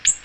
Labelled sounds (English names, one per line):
Ovenbird flight call